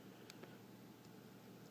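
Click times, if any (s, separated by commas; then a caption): 0.3 s. Plastic foot pieces on a Beast Hunters Cyberverse Abominus transforming toy figure are rotated around into position and click into place at 0.3 s with a sharp, bright snap. A softer tick follows at about 0.4 s over a steady low hiss, and the feet are seated.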